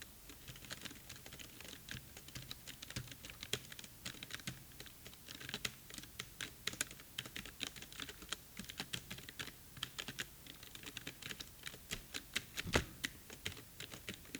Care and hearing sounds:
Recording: daily activity, guitar pickup as the sensor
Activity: type

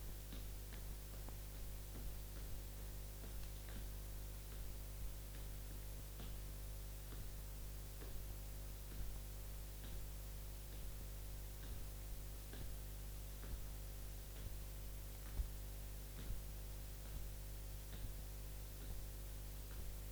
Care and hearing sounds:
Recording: daily activity, guitar pickup as the sensor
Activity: jump

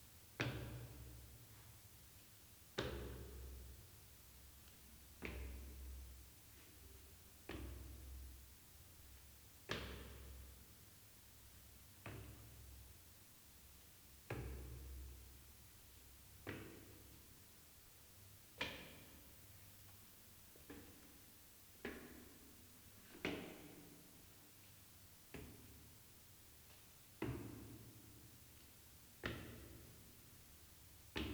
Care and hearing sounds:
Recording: daily activity, guitar pickup as the sensor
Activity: go upstairs

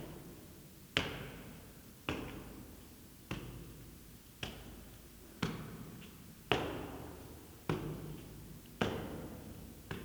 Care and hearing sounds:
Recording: daily activity, guitar pickup as the sensor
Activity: go upstairs

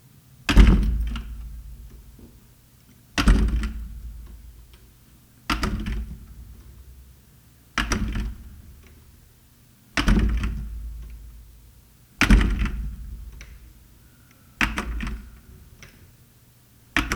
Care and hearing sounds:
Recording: daily activity, guitar pickup as the sensor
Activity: manipulate door

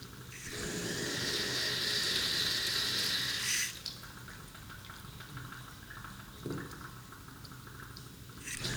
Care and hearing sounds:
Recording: daily activity, guitar pickup as the sensor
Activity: flush

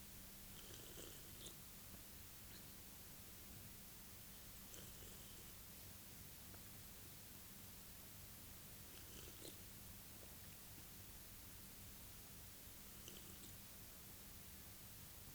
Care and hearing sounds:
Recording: daily activity, guitar pickup as the sensor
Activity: drink water

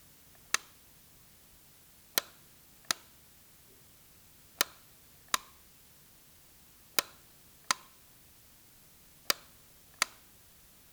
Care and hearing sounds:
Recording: daily activity, guitar pickup as the sensor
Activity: operate light

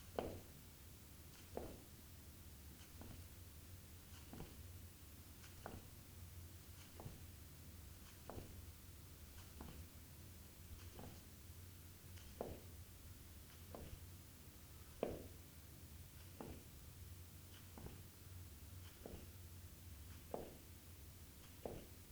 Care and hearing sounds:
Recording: daily activity, guitar pickup as the sensor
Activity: jump

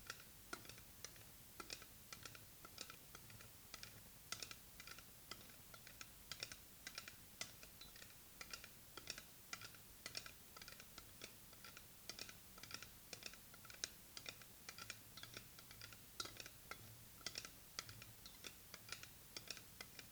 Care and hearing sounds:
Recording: daily activity, guitar pickup as the sensor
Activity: fry

